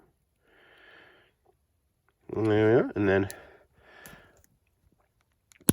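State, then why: Seated. A hinged plastic panel on a toy T. rex, opened to show a bone inside, is pushed shut while someone talks, with soft breathy sounds before and after the talk. A loud sharp click at 5.7 s shows the panel seated back into place.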